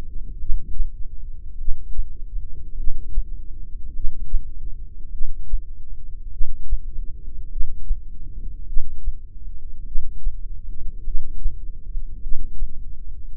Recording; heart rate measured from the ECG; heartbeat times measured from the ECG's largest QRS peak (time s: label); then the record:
heart sounds by microphone in the left ear; 51 bpm
0.40 s: heartbeat
1.59 s: heartbeat
2.78 s: heartbeat
3.95 s: heartbeat
5.13 s: heartbeat
6.32 s: heartbeat
7.51 s: heartbeat
8.68 s: heartbeat
9.87 s: heartbeat
11.06 s: heartbeat
12.23 s: heartbeat
From the record:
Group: heart failure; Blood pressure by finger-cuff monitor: 109/55 mmHg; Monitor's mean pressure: 72 mmHg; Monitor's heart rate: 51 bpm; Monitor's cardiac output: 4.7 L/min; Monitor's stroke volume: 94 mL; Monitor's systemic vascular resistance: 1080 dyn s/cm5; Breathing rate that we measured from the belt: 15 breaths a minute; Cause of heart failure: cardiac sarcoid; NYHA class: 1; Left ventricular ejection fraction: 39%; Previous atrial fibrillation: present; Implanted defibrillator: present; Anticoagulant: apixaban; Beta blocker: carvedilol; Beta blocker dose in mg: 50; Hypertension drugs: ramipril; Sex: male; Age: 79 years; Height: 184 cm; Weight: 92.5 kg